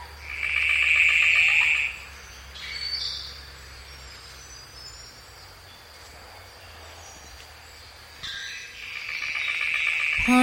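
Golden bowerbird giving a loud buzzy rattling call lasting about two seconds, then a quiet pause before the rattle starts again near the end.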